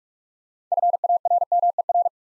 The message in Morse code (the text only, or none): FARMER